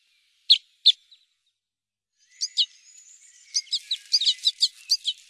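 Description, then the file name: Red crossbill giving two sharp kip notes, a pause, then a quickening series of clipped calls. "Beccroise des sapins"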